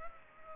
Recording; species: mosquito wingbeat signal from an infrared sensor; Culex pipiens